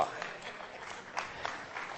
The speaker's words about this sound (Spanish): Un aplauso. Bravo.